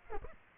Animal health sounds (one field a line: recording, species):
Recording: mosquito wingbeat signal from an infrared sensor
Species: Aedes aegypti